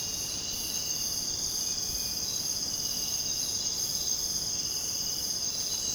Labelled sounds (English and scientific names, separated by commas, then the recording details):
none
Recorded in dense forest near Puerto Asís, Putumayo, Colombia, on 23 June 2025 at 05:00
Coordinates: 0.486, -76.317
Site G065